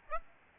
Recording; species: mosquito wingbeat signal from an infrared sensor; Aedes albopictus